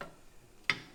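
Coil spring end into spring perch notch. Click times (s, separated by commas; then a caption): 0.7 s. A coil spring on an MQB suspension is turned backwards and then forward until its end drops into the notch in the spring perch, stops spinning and locks into place. After a softer tick at the very start, a sharp, bright click at 0.7 s marks the spring end seating in the notch.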